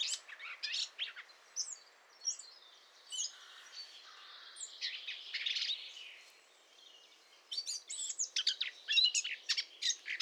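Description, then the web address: Eurasian blackcap warble: scattered quick notes and a quieter buzzy middle stretch, followed by a loud burst of rapid, sharp high notes. "SETE data Sylvia atricapilla"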